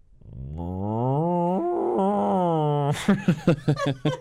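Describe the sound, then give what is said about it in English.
A man imitates a very fat cow with one long, low, drawn-out moo lasting over two seconds, then breaks into a few short, rhythmic bursts of chuckling. “That's a very fat cow you're impersonating there”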